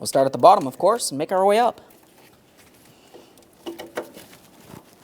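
Someone talks, then the bottom black electrical connector of a 2009-2014 Nissan Maxima radiator fan assembly is positioned and lined up with its mating socket before being pressed in. Faint handling noises follow, with a few brief taps between about 3.4 and 4.0 seconds. Nothing has seated or clicked yet.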